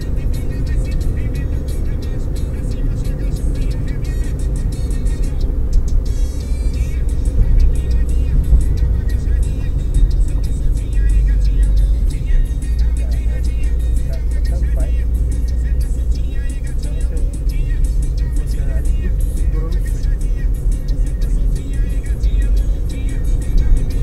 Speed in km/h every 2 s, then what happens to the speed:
72, 69, 65, 61, 55, 48, 46, 48, 49, 51, 58, 60.
0-11 slows to 46. 11-17 steady at about 48. 17-24 speeds up to 60.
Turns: none.